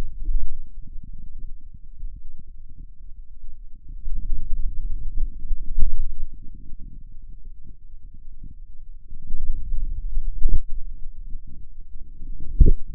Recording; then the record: forearm muscle sounds (acoustic myography)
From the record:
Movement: pen grasping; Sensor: system 2, bracelet of six BSWA MPA416 microphones around the upper forearm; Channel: 5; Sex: male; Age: 22 years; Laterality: right